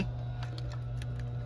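A plastic wiring harness connector, which fits only one way, is handled at the back of an aftermarket CarPlay/Android Auto integrated radio for a 2002–2006 Toyota Camry. Faint plastic ticks and rustles come at about 0.4, 0.6, 0.7, 1.0 and 1.2 seconds over a steady low hum. Nothing has seated or clicked yet; the connector is not home by the end.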